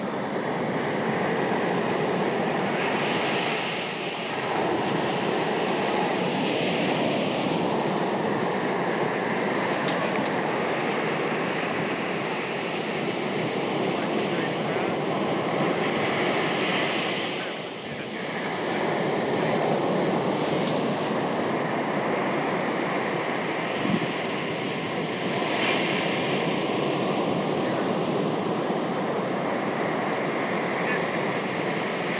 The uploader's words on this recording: Shoreline Sounds at Mt. Desert Island. Sand Beach in Newport Cove, Acadia National Park on Mount Desert Island.